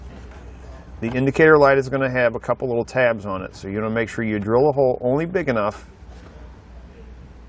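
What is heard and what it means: A man talks while handling the brake indicator light of a Roadmaster InvisiBrake flat tow brake system for a 2018 Ford F-150; the light housing has small retaining tabs and is meant to go into a hole drilled in the plastic dash panel. Only speech over a low steady background hum is heard, and nothing has seated or clicked into place yet.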